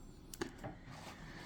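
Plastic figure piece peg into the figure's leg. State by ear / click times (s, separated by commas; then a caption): seated / 0.3 s, 0.4 s. A plastic figure piece is slid back down and its peg is pushed into the hole in the figure's leg, giving two sharp clicks at 0.3 and 0.4 seconds. The piece seats and the figure is fully assembled.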